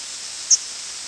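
Hooded warbler flight call: a single very short, thin, high-pitched note set against steady hiss.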